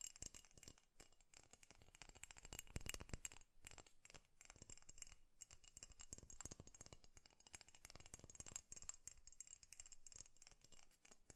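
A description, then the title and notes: Fast tapping on hard surfaces, in a quick, irregular stream of sharp clicks and clatters. The taps come in dense bursts with brief gaps, loudest around the third second, over a faint high hiss. ASMR 3D Fast Tapping to Bring Back Your Tingles (No Talking).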